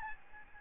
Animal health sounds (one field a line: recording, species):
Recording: mosquito wingbeat signal from an infrared sensor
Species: Aedes albopictus